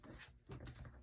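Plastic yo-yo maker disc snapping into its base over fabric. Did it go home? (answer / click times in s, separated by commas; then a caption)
no / none. A plastic yo-yo maker disc is handled over fabric as it is lined up to snap into its plastic base, giving soft rustling and low handling noise with no distinct click. The clip ends before the part goes home, and nothing has seated or snapped yet.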